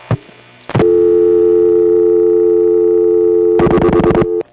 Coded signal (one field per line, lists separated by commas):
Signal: telephone call progress tone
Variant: North America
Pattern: dial tone